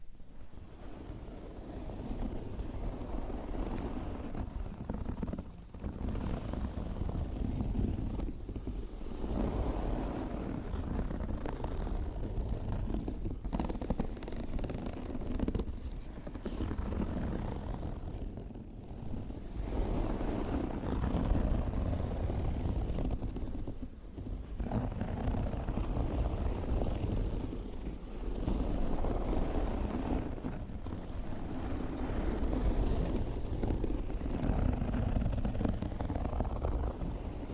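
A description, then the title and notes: Fingernails scratch steadily over textured leather bags in a dense, unbroken rasp, heavy and full in the low end. The rubbing runs almost continuously, broken only by brief pauses every few seconds, near 6, 13, 19, 24 and 28 seconds. Scratches on ASMR leather and metallic textured leather bags (no talking).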